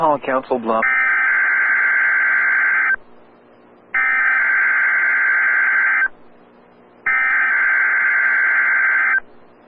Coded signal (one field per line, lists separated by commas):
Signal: Emergency Alert System (SAME) tones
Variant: header bursts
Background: speech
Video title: EAS #2,458-2,464 Required Weekly Tests 1/14/26